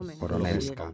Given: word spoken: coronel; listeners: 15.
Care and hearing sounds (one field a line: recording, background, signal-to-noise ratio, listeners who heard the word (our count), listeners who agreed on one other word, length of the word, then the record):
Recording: one Spanish word in noise, from a listening test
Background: four-talker babble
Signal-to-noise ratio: 0.9 dB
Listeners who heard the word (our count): 0 of 15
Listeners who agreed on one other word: 9 of 15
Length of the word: 0.54 s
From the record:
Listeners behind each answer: 9, 2, 1, 1, 1, 1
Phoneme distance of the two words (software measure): 44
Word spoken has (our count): 3 syllables, 7 phonemes, stress on syllable 3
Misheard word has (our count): 3 syllables, 7 phonemes, stress on syllable 2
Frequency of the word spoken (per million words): 47.45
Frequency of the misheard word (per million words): 19.16